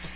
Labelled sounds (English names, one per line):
Hooded Warbler flight call